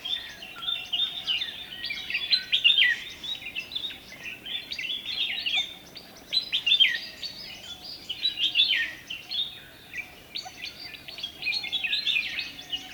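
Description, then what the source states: Bulbul calls: lively overlapping chatter of short whistled notes, coming in louder bursts. Several bulbuls, described as cheery.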